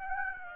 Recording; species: mosquito wingbeat signal from an infrared sensor; Aedes aegypti